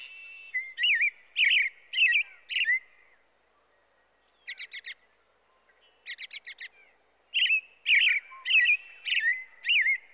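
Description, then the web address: American robin giving warbled, slurred whistled phrases in short groups, alternating with bursts of rapid, high, clipped notes after brief pauses. "bird american robin"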